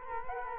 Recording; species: mosquito wingbeat signal from an infrared sensor; Culex quinquefasciatus